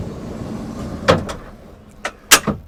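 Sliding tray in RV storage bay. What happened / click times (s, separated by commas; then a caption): The sliding tray latched in place / 2.1 s. A sliding tray in the storage bay of a sold 37-ft Tsunami luxury bus motorhome with a 400 HP engine and solid wood build is moved along its rails over low background noise, with a rattling sound near 1.1 s. The tray locks in place automatically with a latch click at 2.1 s, followed by a louder knock at 2.3 s.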